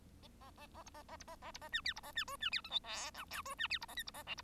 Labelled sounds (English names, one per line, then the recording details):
Bengalese Finch song
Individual Bird1